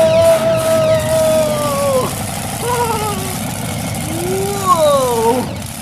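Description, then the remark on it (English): A monster truck engine, just turned on and given gas, roars steadily, its revving whine sliding down in pitch, then swelling and falling again in a few surges over a constant low rumble. “I love driving a monster truck.”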